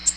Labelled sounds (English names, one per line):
Nashville Warbler flight call